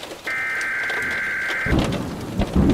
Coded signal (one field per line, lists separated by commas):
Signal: Emergency Alert System (SAME) tones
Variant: header bursts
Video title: [EAS Scenario] Just a Summer Day Part 1 [Immersive EAS]